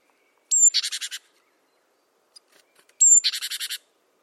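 Great tit giving two calls: a high piercing note then a dry, buzzy series of pulses, separated by a pause of almost two seconds.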